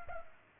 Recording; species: mosquito wingbeat signal from an infrared sensor; Culex pipiens